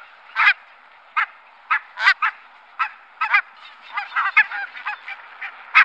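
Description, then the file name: Barnacle goose call: short, sharp barking yelps given singly or in quick pairs, irregularly spaced up to about a second apart. "Vitkindad gas"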